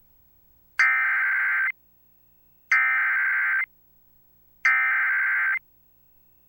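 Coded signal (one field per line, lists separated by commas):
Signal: Emergency Alert System (SAME) tones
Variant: header bursts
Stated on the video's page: Real flood warning EAS tones recorded from an FM radio station feed during a glacial outburst flood in Juneau, Alaska.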